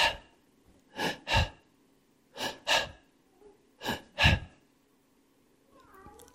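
An adult imitates the laboured breathing of a young child with a serious heart condition, treated with digoxin and Lasix and expected to live about five years. The breathing comes as three pairs of harsh, gasping breaths. The parents took turns sleeping nearest the cot to listen for it.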